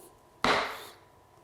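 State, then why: Seated. A click-lock floor plank is pressed into the neighbouring plank to close a gap. A single loud, sharp click sounds at 0.4 s and rings out briefly over about half a second before the quiet background returns. The click-lock engages and the plank is seated.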